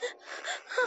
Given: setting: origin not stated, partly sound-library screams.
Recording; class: one-second piece from a danger detection set; woman in danger